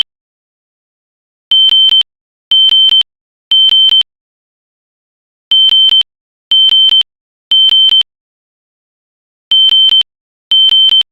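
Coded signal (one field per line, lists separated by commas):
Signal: alarm pattern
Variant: 3 kHz interrupted tone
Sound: repeating groups of three high half-second beeps, then a pause, almost three groups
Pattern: temporal three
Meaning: Temporal-3 pattern signals fire evacuation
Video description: This is a sound effect of the System Sensor SpectrAlert Classic horn strobe on it's temp 3 3k setting to sound like an old smoke alarm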